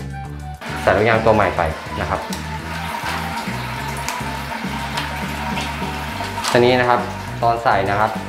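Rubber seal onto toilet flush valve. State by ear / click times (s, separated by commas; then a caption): not seated / none. A new rubber seal is handled over the dual-flush valve of a toilet cistern while music plays and someone talks. A sharp transient at 4.1 s stands out, but nothing has seated or clicked into place yet.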